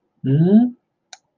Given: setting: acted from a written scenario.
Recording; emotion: vocal sound without words; romantic love